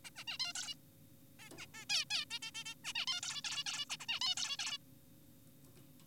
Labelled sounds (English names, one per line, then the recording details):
Zebra Finch
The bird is an adult
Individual g4p5U